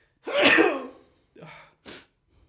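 One loud, explosive sneeze from an adult man lasts under a second, followed by two brief, quieter breathy sounds, a sniff and an exhale. It is a single ordinary sneeze indoors in a small room, from a man who has had an irritating tickly cough for about a week without otherwise feeling ill and who may be allergic to something.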